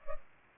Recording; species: mosquito wingbeat signal from an infrared sensor; Culex pipiens